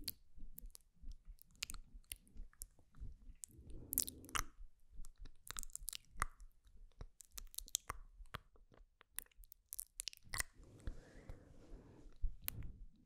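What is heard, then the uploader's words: Soft mouth sounds: small wet clicks, smacks and crunchy chewing noises arrive in irregular clusters with brief quiet gaps. Around four seconds and again from ten to twelve seconds, a denser, breathy rustling swells before fading. SLOW AND GENTLE MOUTH SOUNDS ASMR.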